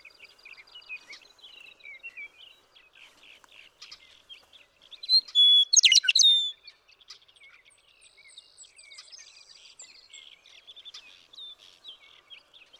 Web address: birdsongforthecurious Western Meadowlark